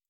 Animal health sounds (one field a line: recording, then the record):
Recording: hydrophone in a shrimp aquaculture tank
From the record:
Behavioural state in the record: feeding